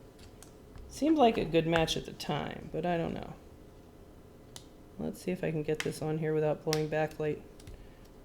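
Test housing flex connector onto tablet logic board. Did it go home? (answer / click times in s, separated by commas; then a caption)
yes / 7.6 s, 7.7 s. A flex connector from a test housing is pressed onto an iPad Air logic board during a repair, carefully to avoid damaging the backlight, while someone talks. Two small clicks at 7.6 s and 7.7 s mark the connector snapping into place, seated.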